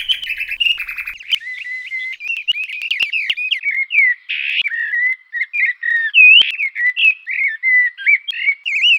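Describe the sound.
Bird song of rapid, varied whistled notes and short slurred phrases, mostly high-pitched, delivered in quick bursts with brief gaps, opening with a few buzzy harsher notes.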